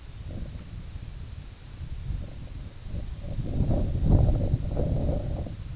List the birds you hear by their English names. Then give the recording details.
none. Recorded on Arctic tundra, site IGLO-A, on 19 June 2018. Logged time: 03:59